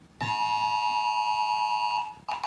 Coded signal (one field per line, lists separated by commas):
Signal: Emergency Alert System (SAME) tones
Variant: 853 and 960 Hz attention tone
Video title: UNEXPECTED SVR IN CATCHING AREA. Broadcast Radio/TV EAS: Severe Thunderstorm Warning (EAS #391-393)